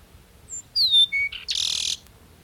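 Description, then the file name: Peruvian meadowlark song: a thin high whistle, then clear falling slurred notes and a lower whistle, ending in a loud harsh buzz lasting about half a second. "Sturnella bellicosa - Peruvian Meadowlark"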